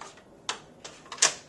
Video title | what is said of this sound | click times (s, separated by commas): Mamas & Papas Urbo Stroller | infinite adap bar clicks on there | 1.2 s